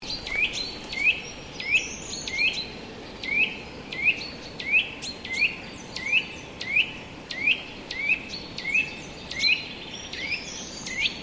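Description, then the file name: Eurasian nuthatch giving a steady series of short rising whistled notes, about one and a half per second, over a constant low rushing background noise. "Sitta europaea"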